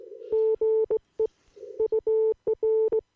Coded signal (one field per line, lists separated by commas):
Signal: Morse code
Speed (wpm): 19 wpm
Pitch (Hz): 440 Hz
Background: none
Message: GE UR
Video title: CQ de K9CTS